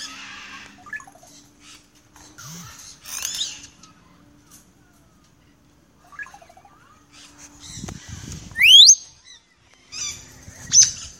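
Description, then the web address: Parrot sounds: a few soft harsh calls, a low brief croak, then a loud upswept whistle and a final sharp squawk, with quiet gaps between. "The Bird Sanctuary. parrots"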